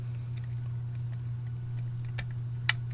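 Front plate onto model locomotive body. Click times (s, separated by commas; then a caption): 2.7 s. The front plate of an MTH Tinplate Traditions 263E tinplate model steam locomotive is pressed onto the front of the engine after the headlight bulb has been secured and tightened down. Over a steady low hum, a faint tick sounds at 2.2 s, then a loud, sharp snap at 2.7 s as the plate seats into place.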